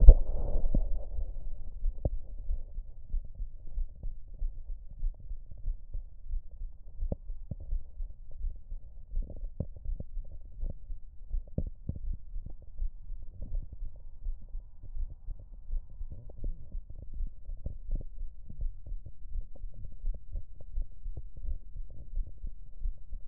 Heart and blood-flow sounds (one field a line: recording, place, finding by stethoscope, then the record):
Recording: heart sounds by stethoscope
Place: tricuspid valve (TV)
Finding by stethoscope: normal heart sounds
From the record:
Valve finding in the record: tricuspid regurgitation, grade 0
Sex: female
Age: 40 years